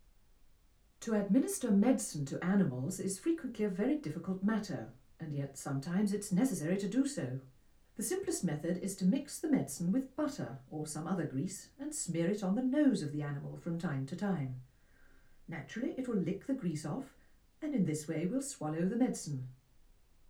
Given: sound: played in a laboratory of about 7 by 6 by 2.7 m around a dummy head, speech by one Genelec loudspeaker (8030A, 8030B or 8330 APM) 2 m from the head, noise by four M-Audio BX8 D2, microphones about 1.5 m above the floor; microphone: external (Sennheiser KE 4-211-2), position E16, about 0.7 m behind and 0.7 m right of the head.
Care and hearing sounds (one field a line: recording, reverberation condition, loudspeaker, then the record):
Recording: female speech in English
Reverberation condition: low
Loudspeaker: 30 degrees to the left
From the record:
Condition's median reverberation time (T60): about 310 ms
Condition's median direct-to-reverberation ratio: about 3.5 dB